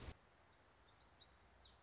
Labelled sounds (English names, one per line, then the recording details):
Song Sparrow
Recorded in Sonoma County, California